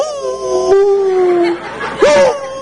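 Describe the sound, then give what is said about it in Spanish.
A small female dog lets out a long, steady howl that slowly drops in pitch while its owner prays, then after a brief pause gives a shorter, rising yowl. “Yo tengo una perrita que ahí está.”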